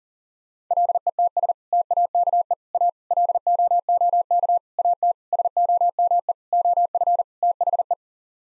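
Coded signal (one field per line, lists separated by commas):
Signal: Morse code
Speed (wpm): 40 wpm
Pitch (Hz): 700 Hz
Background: none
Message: LETS TAKE A LOOK AT SOME OF THE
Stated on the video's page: Head-copy practice drill of common eight-word groups sent at 40 wpm, each set sent, spoken, then sent again.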